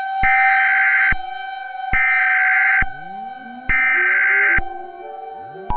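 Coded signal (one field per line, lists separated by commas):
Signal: Emergency Alert System (SAME) tones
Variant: header bursts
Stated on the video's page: Fictional, made-up EAS scenario.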